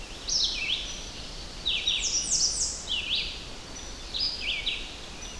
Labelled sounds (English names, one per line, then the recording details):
Red-eyed Vireo song
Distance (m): 30 m
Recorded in boreal forest in Alberta, Canada, on 10 June 2016 at 06:32
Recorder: SongMeter 3, array SBT-3-39
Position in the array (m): 202 m, 120 m